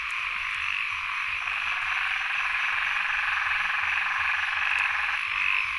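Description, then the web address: Frogs calling in a busy chorus of quick croaks over a loud, even insect buzz. Frogs with insects at Sen Monorom, Cambodia. "Ziklibrenbib Les Cartes Postales Sonores NOISE ON EARTH Vol 1 CAMBODIA Les Cartes Postales Sonores - 02-Insects Frogs of Sen Monorom"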